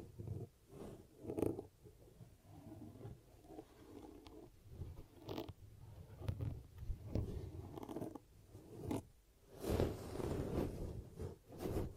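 Ear cupping triggers: hands press and cup over the microphone in muffled, low thumps and rubbing swishes. The sounds come in uneven bursts every second or so, with brighter, sharper rustles near the start and again toward the end, and softer hollow rumbling between.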